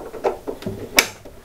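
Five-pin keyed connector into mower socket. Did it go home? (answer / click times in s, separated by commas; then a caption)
yes / 1.0 s. The keyed five-pin plug of the basket is pushed into its socket on a Mammotion Yuka 1500 mower, a connector released with a small trigger. A few soft knocks and rustles come first, around 0.3, 0.5 and 0.6 s, then a sharp, bright click at 1.0 s. The plug is clipped in and latched.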